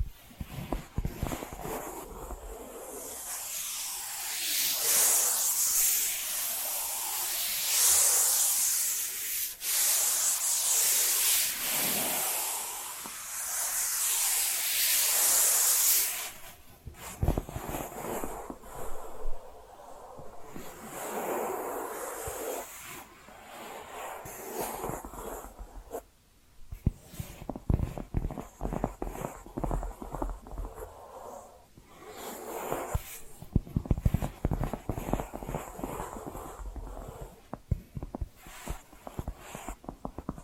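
Tapping and scratching sounds, opening with a dense, bright, hissy scraping that runs steadily for about sixteen seconds. After a sharp break it turns into irregular bursts of rubbing and quick taps, with short gaps, a near-silent moment around 26 seconds, and louder clusters toward the end.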